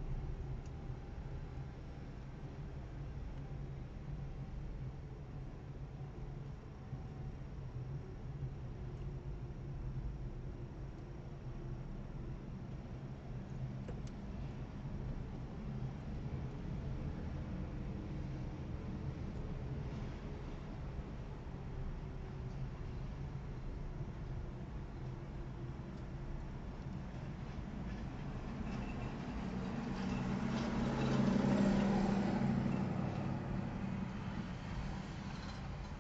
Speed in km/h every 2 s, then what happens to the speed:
13, 14, 13, 13, 13, 12, 12, 11, 14, 16, 15, 14, 13, 12, 11, 11, 10, 9.
0-36 steady at about 13.